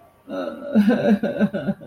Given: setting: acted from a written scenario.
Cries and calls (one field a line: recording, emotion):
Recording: vocal sound without words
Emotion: sadness